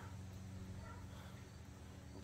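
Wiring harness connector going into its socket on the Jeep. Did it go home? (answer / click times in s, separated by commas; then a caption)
no / none. A wiring harness connector is picked up and lined up with its socket on a Jeep, ready to be plugged back in. A steady low hum and broadband background noise continue throughout with no sudden sounds. The connector has not been plugged in or clicked yet.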